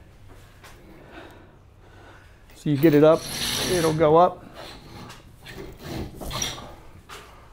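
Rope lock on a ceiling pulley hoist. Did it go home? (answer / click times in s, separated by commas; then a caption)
yes / 6.4 s. Someone talks while pulling the rope on a ceiling pulley hoist to raise a kayak, and the rope rasps and rubs loudly through the pulley from about 2.7 to 4.3 s. After the kayak is raised, the rope is pulled back, and the rope lock catches with a short click at 6.4 s, locking in place and holding the kayak up.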